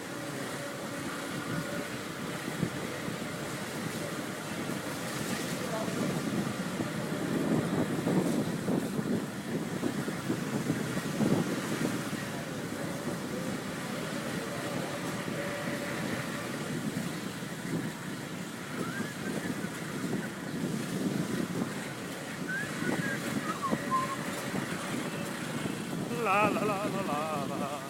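Motorbike ride through narrow back alleys: a steady low engine drone with rising and falling revs, occasional voices, and a brief high whine near the end.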